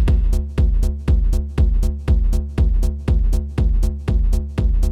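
Steady, deep paired thumps repeat at about 120 a minute with an even rhythm, each beat a soft lub-dub with a faint resonant hum beneath. This is a produced heartbeat sound made for ASMR listening.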